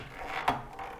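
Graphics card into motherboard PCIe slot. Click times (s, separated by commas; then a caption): 0.5 s. A graphics card is pressed with firm pressure into a motherboard PCIe slot until the slot latch locks. A single sharp click is heard at 0.5 s over a low, steady background. The graphics card is seated in the PCIe slot.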